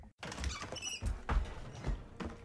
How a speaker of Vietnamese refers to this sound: Y Điêng nghe thấy tiếng động như có người mở cửa